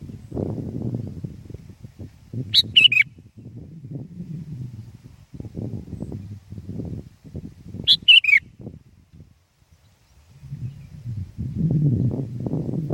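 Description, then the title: Sooty-headed bulbul giving two short, rich, gurgling phrases about five seconds apart, against a background of low rumbling noise. "kutilang"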